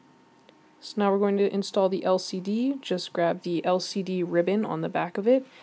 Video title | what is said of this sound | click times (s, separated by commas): iPad 3/4 Glass and Digitizer Replacement (with dented frame) | make sure it clicks so | 0.5 s